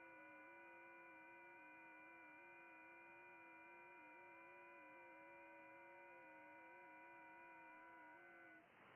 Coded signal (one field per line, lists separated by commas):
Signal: FT8